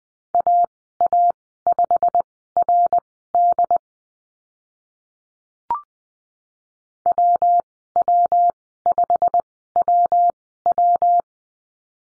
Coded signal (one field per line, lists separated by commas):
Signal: Morse code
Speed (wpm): 20 wpm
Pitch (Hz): 700 Hz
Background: none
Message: AA5RD WW5WW